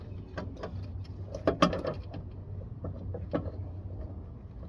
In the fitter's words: then you want to make sure you twist and lock into place.